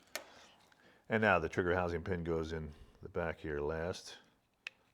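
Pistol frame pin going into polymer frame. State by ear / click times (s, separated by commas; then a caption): seated / 0.2 s. After realigning the parts, a frame pin is pushed back into a Glock pistol's polymer frame and seats with a small sharp click at 0.2 s. Someone then talks, and another brief sharp tick is heard near 4.7 s.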